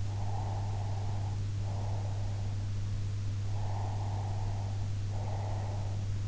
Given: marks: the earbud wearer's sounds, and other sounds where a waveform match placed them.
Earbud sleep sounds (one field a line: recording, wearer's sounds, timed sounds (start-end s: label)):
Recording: sounds in sleep by an in-ear microphone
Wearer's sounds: breath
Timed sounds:
0.10-2.59 s: breath
3.52-6.01 s: breath